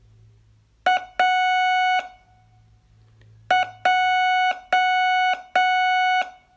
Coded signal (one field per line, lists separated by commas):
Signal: Morse code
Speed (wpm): 7 wpm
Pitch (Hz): 740 Hz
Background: none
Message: AJ